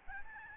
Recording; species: mosquito wingbeat signal from an infrared sensor; Aedes albopictus